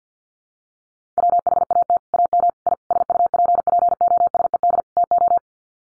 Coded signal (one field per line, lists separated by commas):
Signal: Morse code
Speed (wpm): 50 wpm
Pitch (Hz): 700 Hz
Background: none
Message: WHAT AM I SUPPOSED TO